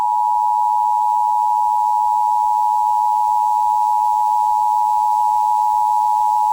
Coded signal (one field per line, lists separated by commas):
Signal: Emergency Alert System (SAME) tones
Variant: 853 and 960 Hz attention tone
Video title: Sacramento EAS Alert: Required Monthly Test (09/04/2023)